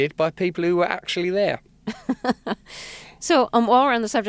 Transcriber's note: soundbite of laughter